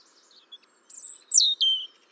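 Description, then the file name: European robin song phrase: thin, high whistled notes, a short trill, then a bright note sliding sharply downward into lower sweet tones, all within two seconds. "Erithacus rubecula"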